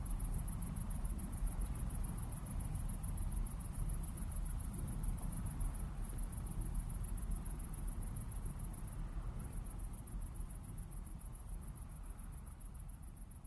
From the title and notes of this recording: This soundscape was taken on the coast in the evening with the sounds of waves and crickets at various degrees of intensity. Gentle fade in and out.